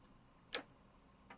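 On a Pfaff 710/720 sewing machine, the bobbin thread is drawn leftward again into the tension slot of the bobbin case while the bobbin is held still. A sharp click at 0.6 s marks the thread seating under the tension spring, confirming it is in place, and a much fainter tick follows at 1.3 s.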